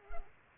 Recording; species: mosquito wingbeat signal from an infrared sensor; Culex pipiens